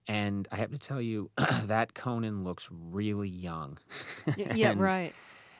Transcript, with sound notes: And I have to tell you, that Conan looks really young.
(LAUGHTER)
Yeah. Right.